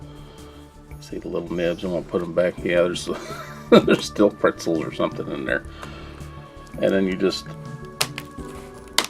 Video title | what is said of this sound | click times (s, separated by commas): How To Clean A Laptop Cooling Fan (Dell Inspiron 17 R 5270) | back now until it snaps clicks back in and | 8.0 s, 9.0 s